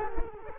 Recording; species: mosquito wingbeat signal from an infrared sensor; Culex quinquefasciatus